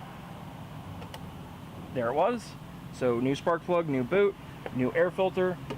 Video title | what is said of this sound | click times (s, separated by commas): troy built mower, will it run? part 2, Briggs and Stratton 550ex motor Tune-up | for that click then I was talking about there | 1.1 s